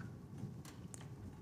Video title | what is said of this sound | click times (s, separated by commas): Build Your Own Flight Simulator PC: Part 2. Assemble it and Turn it On | There we go. There's the click I was looking for. The one on the far end clicked. This one clicked. They're in. | 0.9 s